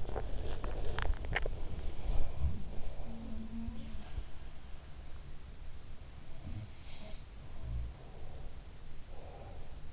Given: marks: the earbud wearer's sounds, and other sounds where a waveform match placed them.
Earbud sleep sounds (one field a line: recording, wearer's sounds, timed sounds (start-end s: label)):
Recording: sounds in sleep by an in-ear microphone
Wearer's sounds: teeth grinding, swallowing, breath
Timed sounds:
0.00-1.25 s: teeth grinding
1.16-1.61 s: swallowing
2.03-4.28 s: sound from someone else or the room
6.25-8.10 s: sound from someone else or the room
8.99-9.86 s: breath